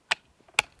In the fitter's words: insert it into the little slot in the back by the handle until you hear a click